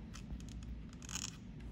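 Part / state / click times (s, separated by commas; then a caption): RAM module into laptop memory slot / not seated / none. A RAM module is angled into the memory slot of an HP ProBook 640 G2 laptop and pushed into the connector before being pressed down to latch. Small scraping and rubbing contact sounds are heard, with brief ticks around 0.2, 0.5, 1.1 and 1.2–1.3 seconds over a low hum. Nothing has seated or clicked yet.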